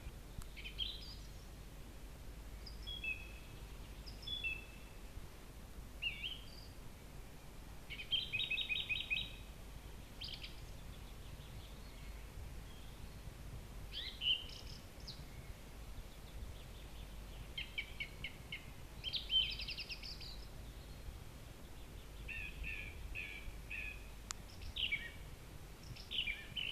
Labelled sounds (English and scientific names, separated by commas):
Song Thrush (Turdus philomelos) song